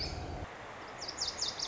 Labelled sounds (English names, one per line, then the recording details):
Lazuli Bunting
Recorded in Sonoma County, California